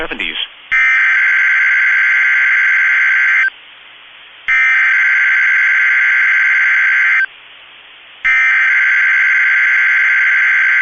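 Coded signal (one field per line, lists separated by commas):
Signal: Emergency Alert System (SAME) tones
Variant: header bursts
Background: speech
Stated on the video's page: Severe thunderstorm watch from NOAA Weather Radio received online.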